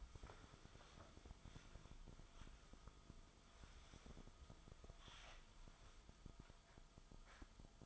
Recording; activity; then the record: daily activity, microphone in the room; wipe stove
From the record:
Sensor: 5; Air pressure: 1004.9 hPa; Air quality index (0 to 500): 103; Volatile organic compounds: 2 ppm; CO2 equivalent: 1250 ppm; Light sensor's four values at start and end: 32/72/30/30 and 33/76/31/31